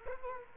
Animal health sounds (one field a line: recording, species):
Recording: mosquito wingbeat signal from an infrared sensor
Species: Culex quinquefasciatus